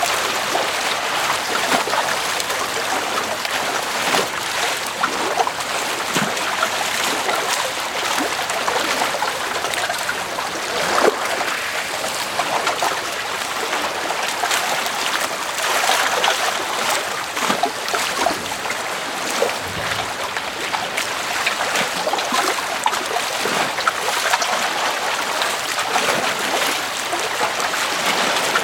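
Heavy rain hisses steadily over a lake during a sailing trip, dense and bright, with constant patters and splashes throughout.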